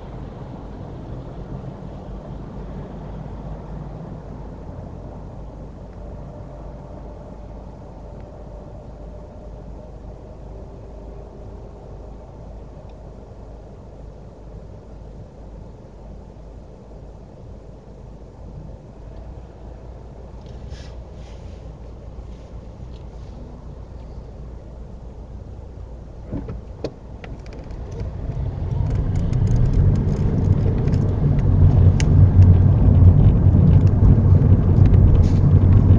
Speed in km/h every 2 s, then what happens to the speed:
0, 0, 0, 0, 0, 0, 0, 0, 0, 0, 0, 0, 0, 11, 21, 27, 32, 37.
0-24 standing. 24-36 pulls away to 37.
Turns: none.